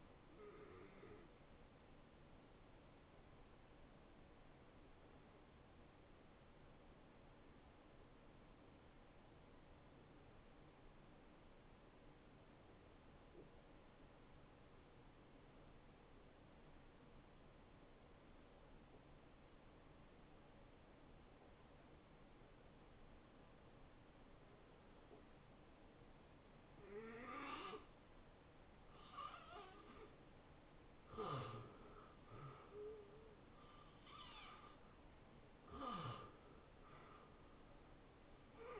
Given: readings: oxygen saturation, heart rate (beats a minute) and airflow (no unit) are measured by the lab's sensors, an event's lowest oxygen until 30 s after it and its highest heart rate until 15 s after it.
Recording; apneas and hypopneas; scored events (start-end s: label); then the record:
breathing in sleep by a voice recorder at the bedside; 1
4.00-29.70 s: hypopnea (N1, oxygen 91% highest, then 82% lowest, heart rate 79 at the start, 83 highest)
From the record:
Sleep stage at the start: N1 (lightest sleep); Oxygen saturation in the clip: 79 to 91%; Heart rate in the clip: 58 to 80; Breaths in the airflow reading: 9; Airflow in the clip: -20.9 to 9.0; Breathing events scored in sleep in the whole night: 263 in 5.5 hours asleep